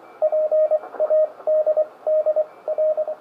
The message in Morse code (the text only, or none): PADDR